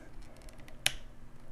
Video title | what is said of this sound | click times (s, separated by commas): Laptop SSD Upgrade - How to install NVME SSD ( Intel 660p 1TB ) in Overpowered 17 Gaming Laptop | your drive will click right into the slot now | 0.9 s